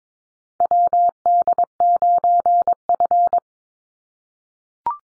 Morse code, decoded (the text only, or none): WD9F